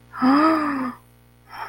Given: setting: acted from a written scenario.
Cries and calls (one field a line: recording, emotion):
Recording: vocal sound without words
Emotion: realization